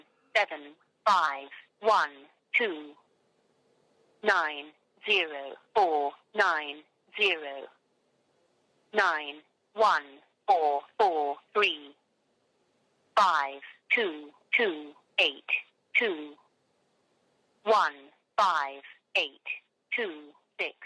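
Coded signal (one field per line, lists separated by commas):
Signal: numbers station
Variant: English, female synthesized voice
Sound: synthetic voice reading digits in groups of five with pauses between groups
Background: telephone line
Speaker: the Lincolnshire Poacher number station phone message was a hoax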